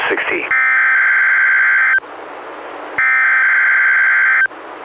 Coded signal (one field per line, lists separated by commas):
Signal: Emergency Alert System (SAME) tones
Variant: header bursts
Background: speech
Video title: EAS #142-145: 4 NWR Required Weekly Tests- Oct. 26-Nov. 16, 2016